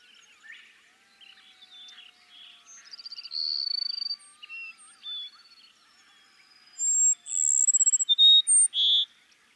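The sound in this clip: Cassin's sparrow gives two songs of pulsing trills and clear whistled notes, over a background of many soft bird chirps.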